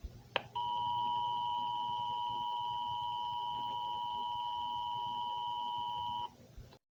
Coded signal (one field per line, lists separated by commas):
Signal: Emergency Alert System (SAME) tones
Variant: 853 and 960 Hz attention tone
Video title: "Radioactive tornado" (eas scenario)